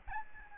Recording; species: mosquito wingbeat signal from an infrared sensor; Aedes albopictus